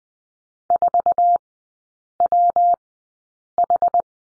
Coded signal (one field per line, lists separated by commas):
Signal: Morse code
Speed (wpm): 20 wpm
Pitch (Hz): 700 Hz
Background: none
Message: 4WH